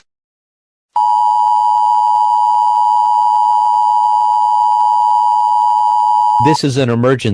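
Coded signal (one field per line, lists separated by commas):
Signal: Emergency Alert System (SAME) tones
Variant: 853 and 960 Hz attention tone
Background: speech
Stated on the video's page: Simulated EAS scenario.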